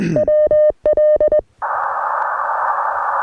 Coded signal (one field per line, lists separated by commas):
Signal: Morse code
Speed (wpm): 21 wpm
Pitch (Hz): 610 Hz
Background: none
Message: WL